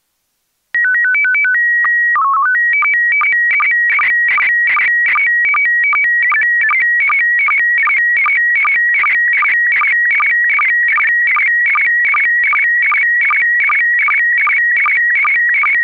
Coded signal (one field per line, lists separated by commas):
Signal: SSTV (slow-scan television)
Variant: PD 50